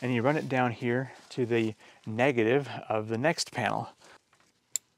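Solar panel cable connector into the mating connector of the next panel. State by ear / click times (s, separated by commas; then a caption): seated / 4.8 s. Someone talks while the positive lead of one solar panel is pushed into the negative connector of the next panel. The plastic cable connector snaps into its mating connector with a sharp click at 4.8 s, and it is seated.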